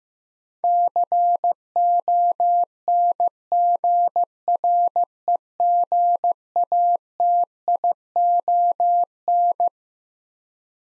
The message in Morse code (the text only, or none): CONGREGATION